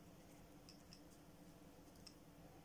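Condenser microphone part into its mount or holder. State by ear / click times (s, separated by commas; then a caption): not seated / none. A part of a Lastvoice BM800 condenser microphone setup is handled and pushed toward its mount or holder, giving faint light ticks and scrapes over a steady low background hum. Nothing has seated or clicked into place yet.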